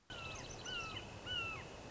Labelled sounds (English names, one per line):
Red-shouldered Hawk